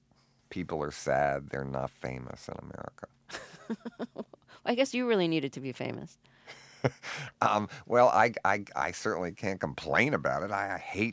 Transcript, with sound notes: People are sad they're not famous in America.
(Laugher) Well, I guess you really needed to be famous.
Well, I certainly can't complain about it.